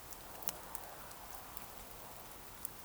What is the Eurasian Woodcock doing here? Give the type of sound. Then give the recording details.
whistle. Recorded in Baden-Württemberg, Germany, on 28 June 2020 at 02:31 UTC. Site 43791, 788 m above sea level